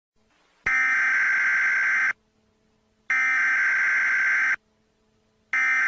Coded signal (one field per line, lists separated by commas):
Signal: Emergency Alert System (SAME) tones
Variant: header bursts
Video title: The Kansas City Twins - EAS Mock